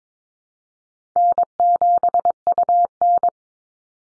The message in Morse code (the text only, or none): N7UN